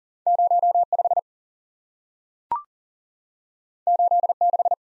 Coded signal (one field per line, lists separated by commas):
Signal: Morse code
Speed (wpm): 40 wpm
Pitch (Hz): 700 Hz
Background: none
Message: 0 5 8 6